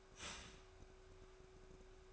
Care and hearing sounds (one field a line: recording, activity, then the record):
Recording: daily activity, microphone in the room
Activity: start toaster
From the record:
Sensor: 2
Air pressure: 1004.1 hPa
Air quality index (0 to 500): 192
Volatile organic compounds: 11 ppm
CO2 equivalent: 2297 ppm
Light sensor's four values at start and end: 4/10/4/4 and 4/10/4/4